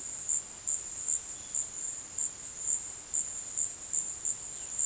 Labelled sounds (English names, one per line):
none